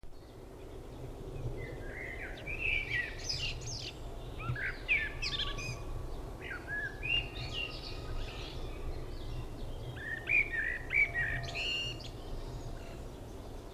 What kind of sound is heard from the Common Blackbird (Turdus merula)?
song